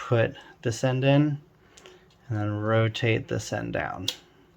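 A 3D-printed plastic snag cutter part is fitted into its holder, with one end put in first and the other end about to be rotated down until it locks. Someone talks throughout, and two faint ticks sound near 1.8 and 1.9 seconds. Nothing has seated or clicked yet.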